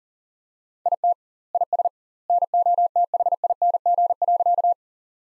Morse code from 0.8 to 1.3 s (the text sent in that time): IT